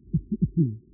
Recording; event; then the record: neck accelerometer signal played as sound; voluntary cough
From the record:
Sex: male